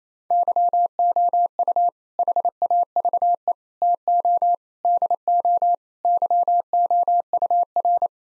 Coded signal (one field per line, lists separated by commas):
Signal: Morse code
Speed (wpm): 28 wpm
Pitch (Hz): 700 Hz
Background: none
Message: YOU HAVE TO DO YOUR